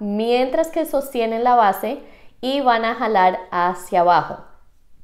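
Someone talks while the white plastic pull grip of an Autosoft XC / 90 insulin infusion set inserter is being handled, with the base held in one hand and the grip to be pulled down until it latches onto the base. Nothing has seated or clicked yet.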